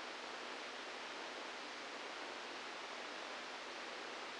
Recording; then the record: brain microelectrode recording played as sound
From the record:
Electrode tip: outside the subthalamic nucleus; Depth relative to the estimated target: 3 mm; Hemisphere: left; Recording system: NeuroSet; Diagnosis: Parkinson's disease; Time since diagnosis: 17 years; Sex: male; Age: 64 years